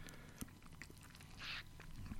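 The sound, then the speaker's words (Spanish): Quiet sipping of mate through a metal straw, four sips in all: a few soft clicks and short draws, then one longer, airy slurping hiss, with no talking. “Cuatro sorbos.”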